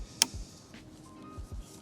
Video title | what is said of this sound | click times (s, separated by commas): Some Tasteful Mods for the Yamaha R7! (Easy DIY) | Nice. It snaps right in. | 0.2 s